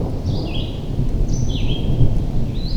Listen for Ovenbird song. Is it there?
no